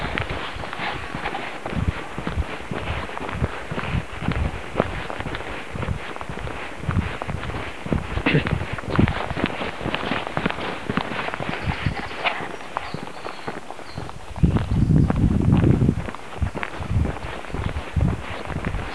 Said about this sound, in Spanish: Audio diario del Camino de Santiago. Creo que es 2 de agosto y si escucháis bien, espero que llegue aquí el sonido del bosque.